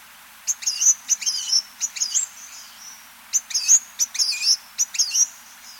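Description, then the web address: Blue-and-gold Tanager calls: bursts of high, sharp chirps delivered in quick groups, a short gap, then another rapid run of thin tweets. South America. "Natures Songs S America Blue-and-gold Tanager"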